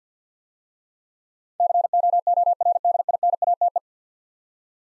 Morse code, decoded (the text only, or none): COORDINATE